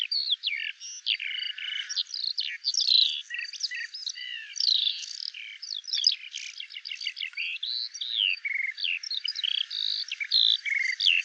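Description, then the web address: Eurasian skylark in sustained, bubbling high song of quick trills, buzzy rattles and clear whistles, continuing without a break. "alauda arvensis call"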